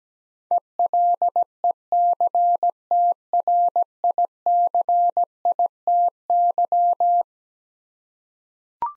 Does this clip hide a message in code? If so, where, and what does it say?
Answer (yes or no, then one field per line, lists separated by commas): yes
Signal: Morse code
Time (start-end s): 0.5-7.2 s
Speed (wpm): 17 wpm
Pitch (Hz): 700 Hz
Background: none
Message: ELECTRICITY